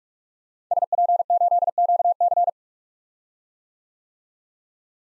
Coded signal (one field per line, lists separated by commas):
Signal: Morse code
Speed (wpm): 46 wpm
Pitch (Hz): 700 Hz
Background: none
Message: SP8QC